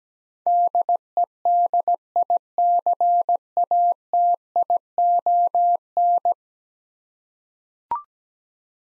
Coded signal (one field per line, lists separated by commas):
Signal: Morse code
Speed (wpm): 17 wpm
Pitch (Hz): 700 Hz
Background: none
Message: DEDICATION